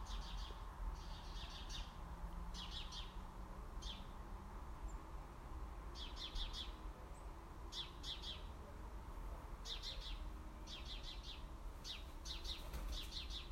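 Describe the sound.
House sparrow chirping in quick clustered bursts of short notes, repeated often, over a steady low rumble.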